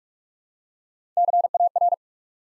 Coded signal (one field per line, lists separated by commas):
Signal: Morse code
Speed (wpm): 44 wpm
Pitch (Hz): 700 Hz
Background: none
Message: CAR